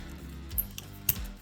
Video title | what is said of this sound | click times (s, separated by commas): Patriot Prime Reviews 1985 Transformers G1 Jetfire | there we go so it's locked into place | 1.1 s